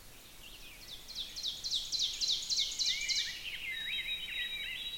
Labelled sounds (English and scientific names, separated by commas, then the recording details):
Ovenbird (Seiurus aurocapilla) song
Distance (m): 45 m
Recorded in boreal forest in Alberta, Canada, on 5 June 2016 at 05:03
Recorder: SongMeter 3, array SBT-3-51
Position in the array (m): 266 m, 100 m
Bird 28